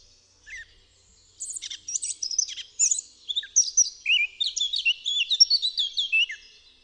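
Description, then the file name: Eurasian blackcap song: a rich, fast warble of varied high chirps and twittering notes, starting after a brief note and running on for about five seconds. "KAPTURKA"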